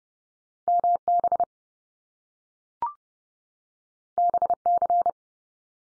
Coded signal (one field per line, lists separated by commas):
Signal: Morse code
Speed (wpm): 30 wpm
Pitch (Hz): 700 Hz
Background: none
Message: MB BC